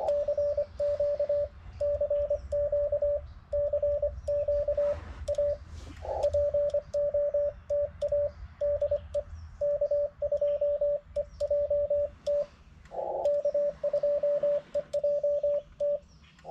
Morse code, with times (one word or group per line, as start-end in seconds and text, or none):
0.1-1.4 CQ
1.8-3.2 CQ
3.5-4.9 CQ
5.3-5.5 A
6.2-8.3 POTA
8.6-9.2 DE
9.6-12.4 K2EJT
13.2-16.0 K2EJT